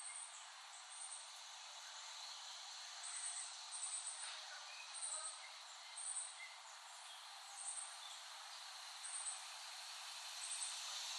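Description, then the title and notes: Cicada: steady, shimmering buzz with a series of short high pulses. Recorded by Dan Bodah in West Brighton, Staten Island, late summer 2008. "Dronecast. The Cicadas of Summer. Recording of cicadas made by Dan Bodah in West Brighton, Staten Island, late summer 2008"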